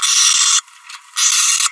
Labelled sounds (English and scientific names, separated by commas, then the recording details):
Green-rumped Parrotlet (Forpus passerinus) babbling
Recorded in a nest box in Venezuela
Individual 18B25A5